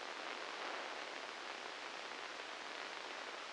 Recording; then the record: brain microelectrode recording played as sound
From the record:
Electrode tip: inside the subthalamic nucleus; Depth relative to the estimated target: 1 mm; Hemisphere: left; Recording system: NeuroSet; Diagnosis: Parkinson's disease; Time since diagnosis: 8 years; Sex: male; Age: 37 years